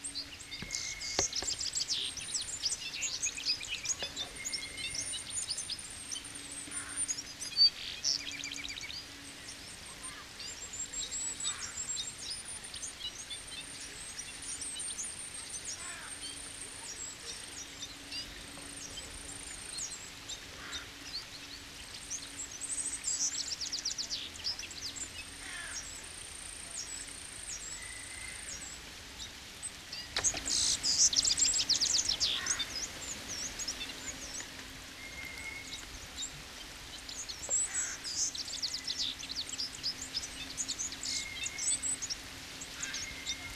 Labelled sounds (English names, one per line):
Citril Finch song